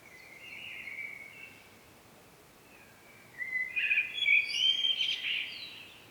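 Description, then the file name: Common blackbird song: a soft fluted warble, a pause, then a louder phrase ending in high, squeaky twittering notes. "Turdus merula"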